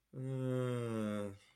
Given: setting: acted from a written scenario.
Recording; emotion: vocal sound without words; guilt